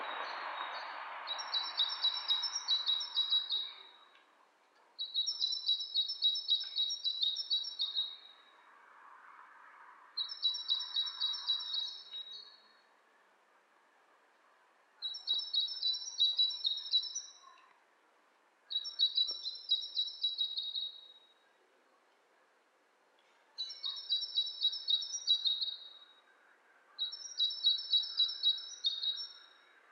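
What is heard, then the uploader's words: Lo-fi recording of birds trading high, buzzy chirping phrases every few seconds, with soft rushing noise underneath that fades after the first seconds. Lo-fi recording of two birds interacting.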